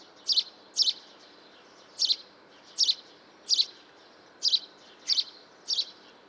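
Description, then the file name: House sparrow chirping, eight sharp, bright chirps at uneven intervals over about six seconds, against faint steady background hiss. "Passer domesticus"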